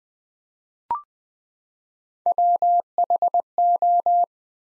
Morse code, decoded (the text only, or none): WHO